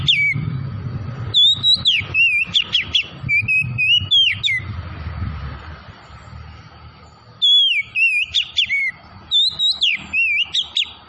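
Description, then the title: Oriental magpie-robin singing rapid clear whistles swooping up and down, with short breaks between phrases, one pause of about three seconds, and a low rumble underneath. Tretes variety, singing vigorously (gacor). "Kacer Tretes Gacor"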